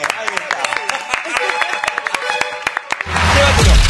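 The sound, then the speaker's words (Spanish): A small group in the Urbana Play 104.3 radio studio gives a standing ovation, sharp, irregular claps for about three seconds while voices talk over them, then a louder, denser wash of sound takes over at the end. “Pero aplaudimos de pie.”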